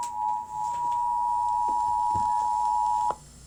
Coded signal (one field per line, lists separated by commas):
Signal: Emergency Alert System (SAME) tones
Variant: 853 and 960 Hz attention tone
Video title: Tornado Warning for Brownsville, TX! Again! (EAS #02) (04/23/2023)